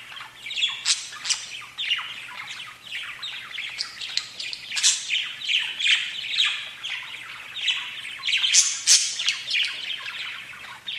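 Budgerigar chatter, a dense stream of scratchy squawks and chirps overlapping continuously.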